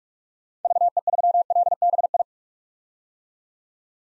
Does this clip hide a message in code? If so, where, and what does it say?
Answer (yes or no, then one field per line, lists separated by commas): yes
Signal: Morse code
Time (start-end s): 0.7-2.2 s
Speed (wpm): 44 wpm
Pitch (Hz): 700 Hz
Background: none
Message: VE3LBI